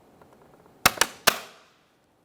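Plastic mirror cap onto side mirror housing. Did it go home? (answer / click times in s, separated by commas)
yes / 0.9 s, 1.0 s, 1.3 s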